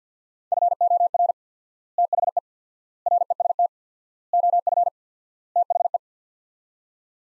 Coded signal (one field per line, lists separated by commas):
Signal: Morse code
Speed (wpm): 50 wpm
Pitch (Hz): 700 Hz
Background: none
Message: FOR THE REST OF THE